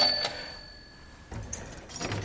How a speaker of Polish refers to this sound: Jeszcze przedwojenny dzwonek.